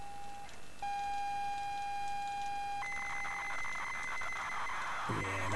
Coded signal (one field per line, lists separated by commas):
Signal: ZX Spectrum tape loading